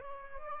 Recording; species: mosquito wingbeat signal from an infrared sensor; Aedes albopictus